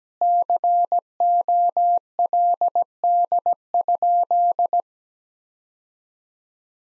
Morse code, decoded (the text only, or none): COLD?